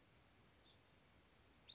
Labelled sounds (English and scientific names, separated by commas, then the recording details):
California Towhee (Melozone crissalis)
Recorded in Sonoma County, California